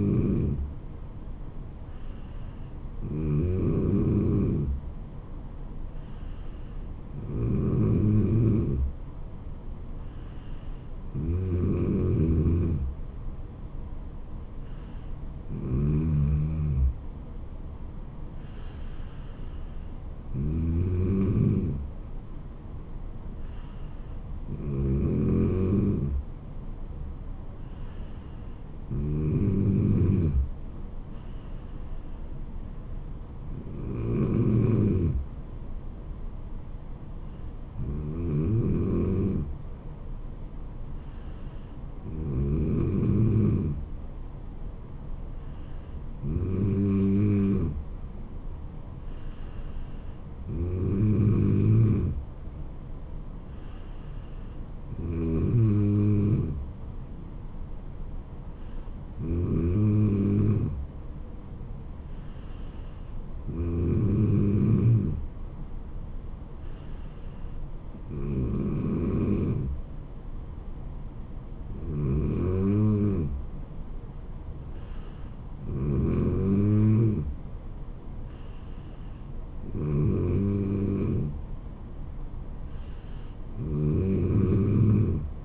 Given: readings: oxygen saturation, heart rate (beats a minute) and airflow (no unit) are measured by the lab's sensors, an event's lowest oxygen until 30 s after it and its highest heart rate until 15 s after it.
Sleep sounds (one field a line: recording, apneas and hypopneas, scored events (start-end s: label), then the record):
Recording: breathing in sleep by a smartphone at the bedside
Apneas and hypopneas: none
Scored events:
54.00-85.45 s: new sleep stage, N3 (deep sleep)
From the record:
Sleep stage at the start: N2 (light sleep)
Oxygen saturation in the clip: 94 to 96%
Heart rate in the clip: 69 to 76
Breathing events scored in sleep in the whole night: 426 in 7.4 hours asleep